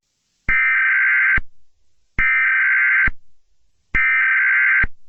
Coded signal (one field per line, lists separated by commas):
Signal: Emergency Alert System (SAME) tones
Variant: header bursts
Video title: Psi: The Awakening of the forgotten Giant Princess ~ An EAS scenario EX